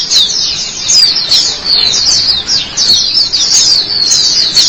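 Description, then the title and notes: White-eye singing a fast, high twittering song of quick descending chirps run together, continuous with short breaks. "Kicauan Burung Pleci Durasi Panjang. Suara kicauan burung pleci"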